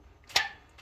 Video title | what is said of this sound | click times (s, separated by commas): Installing Injector on Cummins 5.9 Common Rail, MUST be DONE in a SEQUENCE #diesel #trucks #repair | You heard that? It clicked, see? | 0.4 s